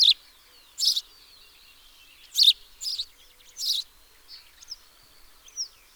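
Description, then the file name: House sparrow chirps repeated irregularly, about five loud ones, with soft twitters in the background. "Passer domesticus 151115"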